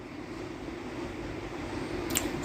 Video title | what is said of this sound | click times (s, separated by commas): ติดตั้งระบบ Cruise Control ในกระบะ Revo EP.2 - CAR UP | เสียบเข้าไปให้ดังแก๊กนะครับเสียบ | 2.2 s